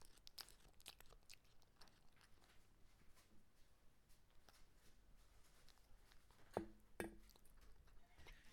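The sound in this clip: Cat eating: quiet, irregular crunching and chewing clicks continue throughout, with a pair of sharper, louder knocks close together near the end.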